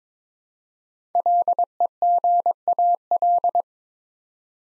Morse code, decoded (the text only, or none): LEGAL